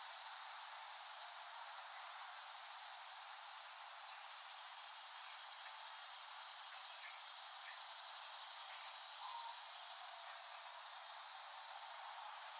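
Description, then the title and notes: Cicada: a steady, hissing high buzz with repeated short high chirps on top throughout. Recorded by Dan Bodah in West Brighton, Staten Island, late summer 2008. "Dronecast. The Cicadas of Summer. Recording of cicadas made by Dan Bodah in West Brighton, Staten Island, late summer 2008"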